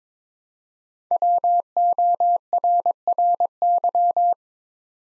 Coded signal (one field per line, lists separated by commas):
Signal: Morse code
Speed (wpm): 22 wpm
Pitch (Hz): 700 Hz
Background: none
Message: WORRY